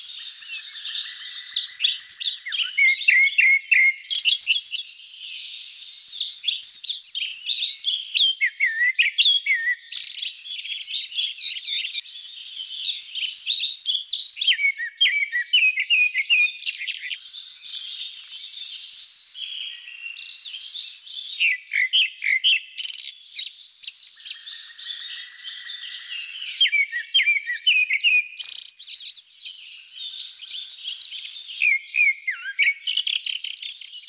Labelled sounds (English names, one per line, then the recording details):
Grey-backed Thrush song
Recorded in the wild
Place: Kedrojawa Pad-Nationalpark, RU
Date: 1994-06-09
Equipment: Dat-Recorder Casio DA 7, Telinga DAT, Telinga-Parabolspiegel
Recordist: Schwarz, Dieter